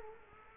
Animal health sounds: mosquito wingbeat signal from an infrared sensor; Culex quinquefasciatus

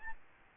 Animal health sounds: mosquito wingbeat signal from an infrared sensor; Aedes albopictus

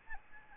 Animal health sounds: mosquito wingbeat signal from an infrared sensor; Aedes albopictus

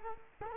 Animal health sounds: mosquito wingbeat signal from an infrared sensor; Culex quinquefasciatus

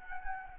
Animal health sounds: mosquito wingbeat signal from an infrared sensor; Anopheles gambiae

